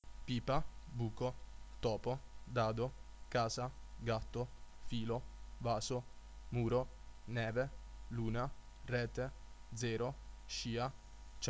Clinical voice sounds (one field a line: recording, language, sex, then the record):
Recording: read list of words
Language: Italian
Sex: male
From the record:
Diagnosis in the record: healthy control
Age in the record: 20 years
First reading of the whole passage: 41 s, 12.5 characters per second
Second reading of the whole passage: 40 s, 12.9 characters per second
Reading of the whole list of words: 46 s, 6.1 characters per second